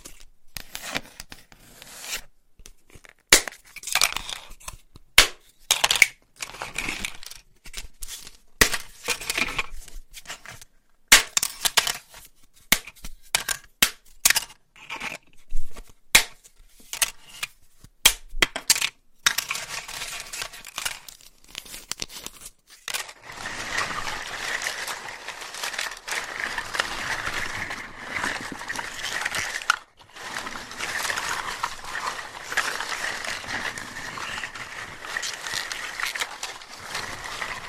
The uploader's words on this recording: ASMR with Pasta Scratching - Tapping - Tracing Asmr No Talking.